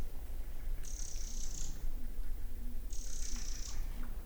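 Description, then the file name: Eurasian wren giving two drawn-out, high, harsh churrs about two seconds apart, with low rumbling noise throughout. "Troglodytes troglodytes"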